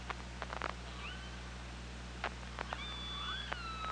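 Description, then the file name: Killer whale calls: sliding harmonic tones and a long high steady whistle near the end, with scattered clicks and background hiss and hum. Recorded by OrcaLab hydrophone on 24 August 2017, about 15:53. "Orca Lab UTLN JASON 20170824 155333 ORCALABDYNI"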